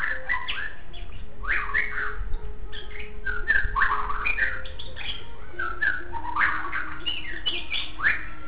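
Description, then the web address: White-rumped shama pouring out a dense, continuous song of fluty whistles, slurs and sharp chips in quick succession, over a low background hum. Song described as including meow-like sounds. "shanlung 9 shamasong"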